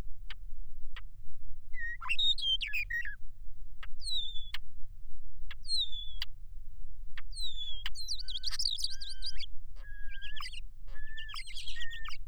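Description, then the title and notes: European Starling song: thin sliding whistles falling in pitch, sharp clicks, then buzzy rattling bursts and lower whistled notes, with a steady low hum underneath. Song provided by Justin Kiggins, a neuroscientist who studies auditory perception and the brains of communicating birds. "European Starling song file from Justin"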